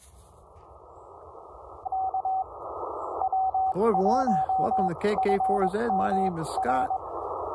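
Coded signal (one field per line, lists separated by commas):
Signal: Morse code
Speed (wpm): 22 wpm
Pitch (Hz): 760 Hz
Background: speech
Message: K W1FMR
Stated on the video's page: Morse heard during an activation that did not go as planned.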